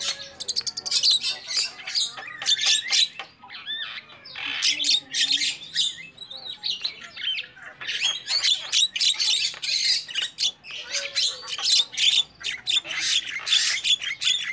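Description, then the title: Lovebird calls: long stretches of shrill chattering squawks, coming in rapid bursts with brief lulls. Lure call used for trapping lovebirds. "PIKAT BURUNG LOVEBIRD"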